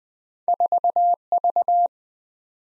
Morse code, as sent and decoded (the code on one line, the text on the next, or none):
....- ...-
4V